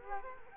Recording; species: mosquito wingbeat signal from an infrared sensor; Culex quinquefasciatus